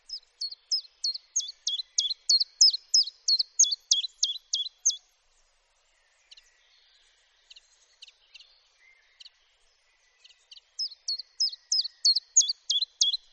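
Common chiffchaff song: a steady run of sharp, alternating high and low chiff-chaff notes for about five seconds, a quiet pause with faint chirps, then the phrase resumes.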